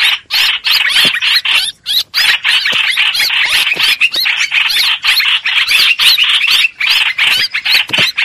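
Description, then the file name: Streak-eared bulbul distress calls: a dense, continuous stream of harsh, squealing notes with brief gaps. Distress call, calling the flock. "Tieng chim trao trao keu cuu goi bay"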